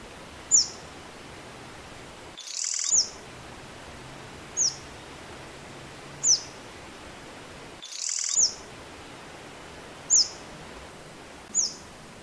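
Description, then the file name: Sunbird giving single piercing high notes that drop quickly in pitch, spaced roughly every one and a half to two and a half seconds, interrupted twice by short crackly noise bursts. "suara panggilan burung madu matari. omkicau"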